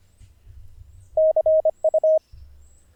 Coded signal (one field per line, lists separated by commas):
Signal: Morse code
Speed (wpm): 25 wpm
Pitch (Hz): 630 Hz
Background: none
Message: CU